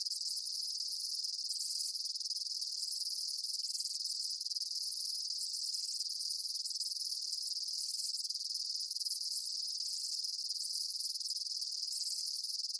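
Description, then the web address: Chorus of insects giving high, rapid chirps that blend into a constant buzz, with brief lower pulses recurring. Daytime insect ambience, bugs chirping outdoors. "Blastwave INSECTS Amb Day Insects. ambience insects chirps day bugs"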